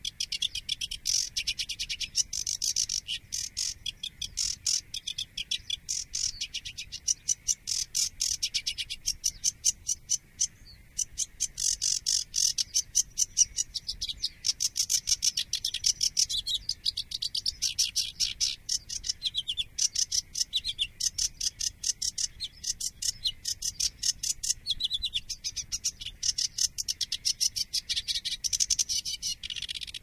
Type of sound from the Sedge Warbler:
song